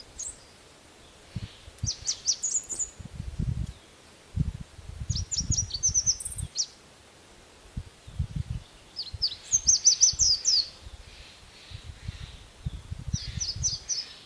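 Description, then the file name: Red warbler giving bursts of high, thin twittering notes in short phrases every few seconds, with repeated low thumping and rustling sounds underneath. "Canto do mariquita vermelha"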